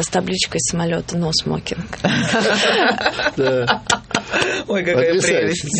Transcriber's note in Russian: смех